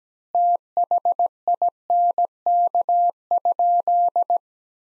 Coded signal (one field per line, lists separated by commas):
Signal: Morse code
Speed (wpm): 17 wpm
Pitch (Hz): 700 Hz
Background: none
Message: THINK?